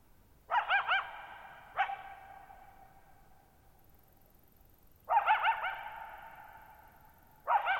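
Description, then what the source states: Coyote giving short, sharp barks with warbling yips, two pairs of calls separated by silence, each followed by a long echoing tail that fades slowly. Lone coyote at night, July 14, 2019, Thirtymile Meadows, Okanogan National Forest, 6400 ft (1950 m); shallow bowl-shaped meadow on a high, dry plateau forming a natural amphitheater.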